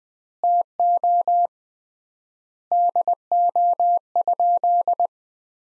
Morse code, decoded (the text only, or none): TO DO?